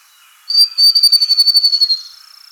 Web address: Grey-Throated Babbler Song